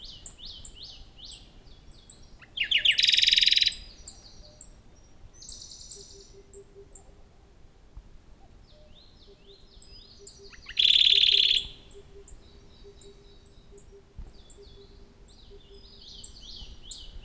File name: warbler-radde -Phylloscopus-schwarzi